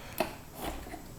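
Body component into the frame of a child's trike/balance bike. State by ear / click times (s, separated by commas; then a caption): not seated / none. A plastic body component is handled against the rest of the body of a Velo Flippa Trike & Balance Bike, a child's trike and balance bike, ahead of being slid in. A short, sharp tap at 0.2 s is followed by a softer rustling scrape around 0.6 to 0.7 s over quiet background. The part has not snapped into place yet, and nothing has seated or clicked.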